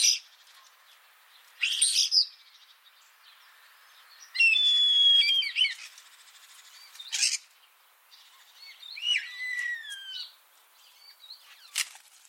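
Common starling calls: harsh rasping bursts spaced a few seconds apart, mixed with clear whistled notes, one steady and one sliding downward, over quiet background.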